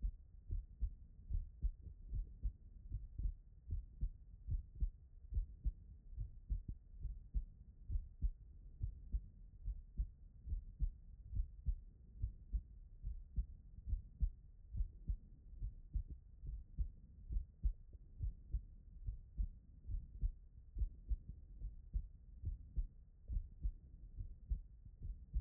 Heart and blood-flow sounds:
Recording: heart sounds by stethoscope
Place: tricuspid valve (TV)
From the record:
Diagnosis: non-HFrEF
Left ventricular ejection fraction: 73%

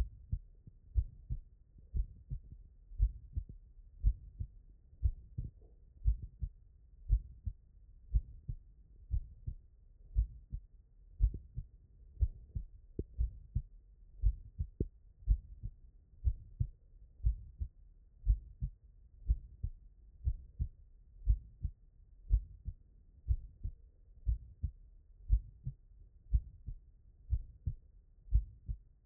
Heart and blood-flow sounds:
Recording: heart sounds by stethoscope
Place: tricuspid valve (TV)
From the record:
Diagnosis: non-HFrEF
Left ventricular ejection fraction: 76%

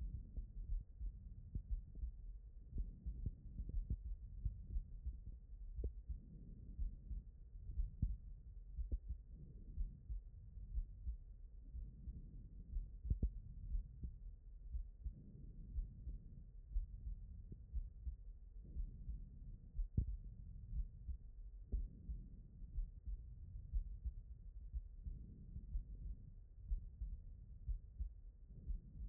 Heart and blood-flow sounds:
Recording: heart sounds by stethoscope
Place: aortic valve (AV)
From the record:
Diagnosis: non-HFrEF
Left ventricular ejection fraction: 67%

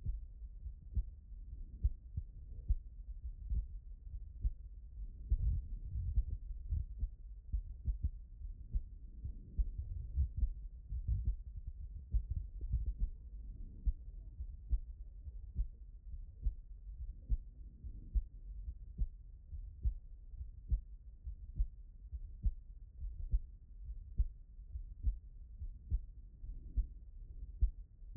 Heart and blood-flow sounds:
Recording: heart sounds by stethoscope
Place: pulmonary valve (PV)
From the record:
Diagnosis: HFrEF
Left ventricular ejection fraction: 21%

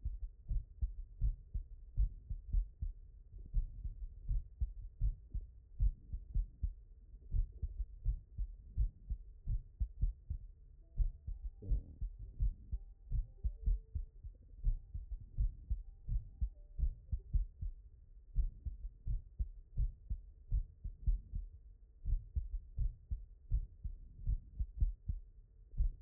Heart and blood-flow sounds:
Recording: heart sounds by stethoscope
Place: mitral valve (MV)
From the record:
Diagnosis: non-HFrEF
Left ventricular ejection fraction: 71%

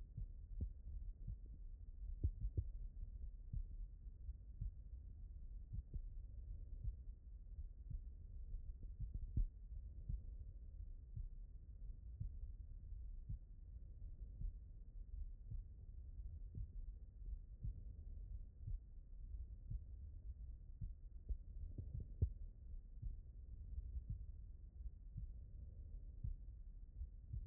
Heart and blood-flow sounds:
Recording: heart sounds by stethoscope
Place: aortic valve (AV)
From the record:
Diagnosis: non-HFrEF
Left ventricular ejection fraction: 60%

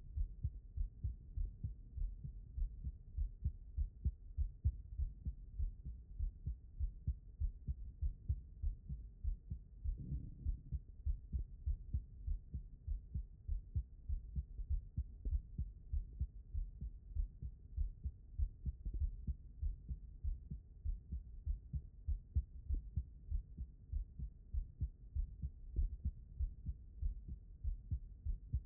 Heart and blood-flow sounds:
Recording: heart sounds by stethoscope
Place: aortic valve (AV)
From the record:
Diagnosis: non-HFrEF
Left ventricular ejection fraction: 67%

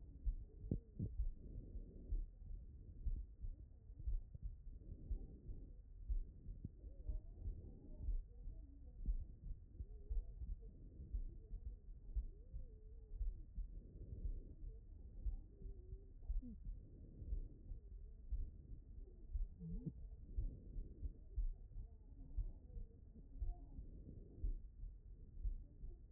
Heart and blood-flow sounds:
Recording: heart sounds by stethoscope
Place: pulmonary valve (PV)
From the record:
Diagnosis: non-HFrEF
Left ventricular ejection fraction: 76%

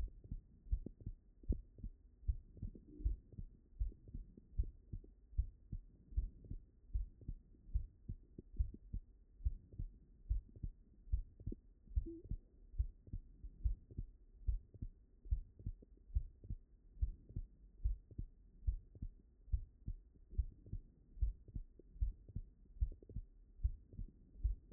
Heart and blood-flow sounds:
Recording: heart sounds by stethoscope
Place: mitral valve (MV)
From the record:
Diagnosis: non-HFrEF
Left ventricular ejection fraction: 64%

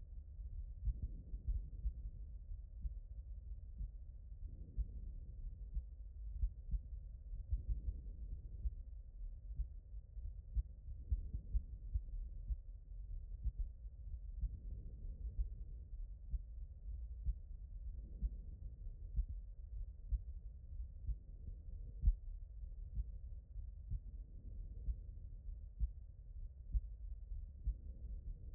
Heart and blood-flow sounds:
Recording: heart sounds by stethoscope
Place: aortic valve (AV)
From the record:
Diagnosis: non-HFrEF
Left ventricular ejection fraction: 62%

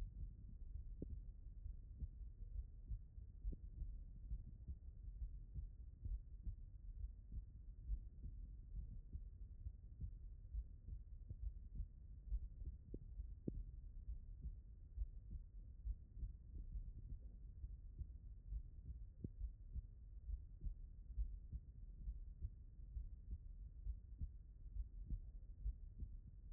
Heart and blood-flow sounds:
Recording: heart sounds by stethoscope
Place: tricuspid valve (TV)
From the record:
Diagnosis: non-HFrEF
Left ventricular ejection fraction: 44%

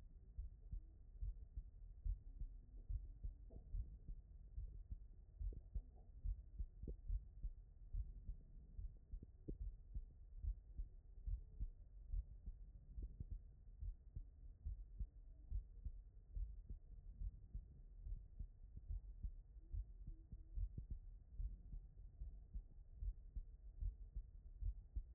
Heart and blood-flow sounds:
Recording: heart sounds by stethoscope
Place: aortic valve (AV)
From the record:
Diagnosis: non-HFrEF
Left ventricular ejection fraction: 60%

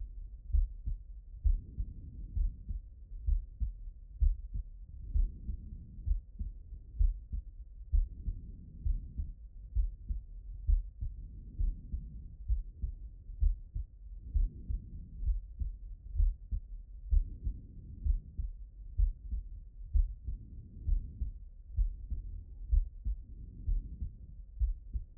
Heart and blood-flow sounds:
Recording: heart sounds by stethoscope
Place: pulmonary valve (PV)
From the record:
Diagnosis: non-HFrEF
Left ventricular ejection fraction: 65%

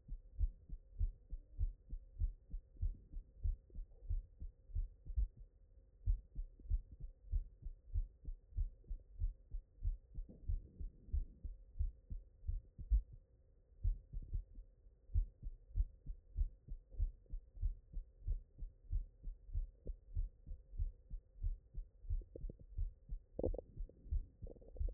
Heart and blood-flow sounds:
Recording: heart sounds by stethoscope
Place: mitral valve (MV)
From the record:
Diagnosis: non-HFrEF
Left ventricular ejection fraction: 67%

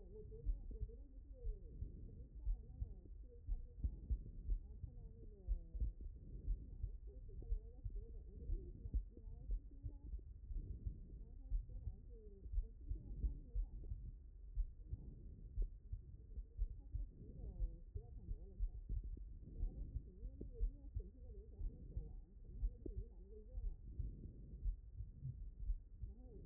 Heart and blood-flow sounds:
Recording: heart sounds by stethoscope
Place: aortic valve (AV)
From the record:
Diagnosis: non-HFrEF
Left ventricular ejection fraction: 71%

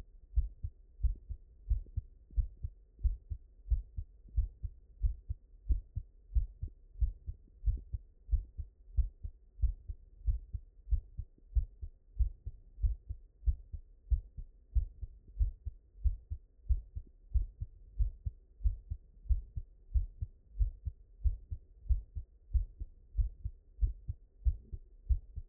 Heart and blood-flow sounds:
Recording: heart sounds by stethoscope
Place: mitral valve (MV)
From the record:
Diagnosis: non-HFrEF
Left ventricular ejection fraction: 47%

